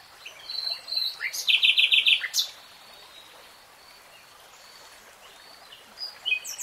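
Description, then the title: Nightingale song: a short burst with a rapid clicking trill of about five notes and a sharp high note, followed by quiet, then a faint phrase at the end. Nightingale singing in real time. "[Tiếng chim hót] 3 Hours REALTIME Nightingale Singing"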